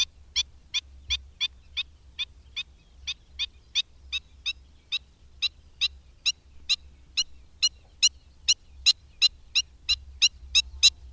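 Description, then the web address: Black-winged stilt calls, sharp yapping notes repeated steadily about three times a second, gradually growing louder, with low rumble beneath. "Madardalok Gólyatöcs"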